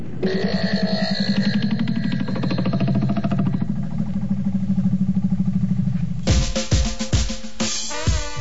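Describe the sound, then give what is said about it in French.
A tractor engine chugs with a steady, rhythmic low throb for about six seconds, then loud metallic clanks and rattling bangs take over. “va chercher un tracteur, s'il te plaît.”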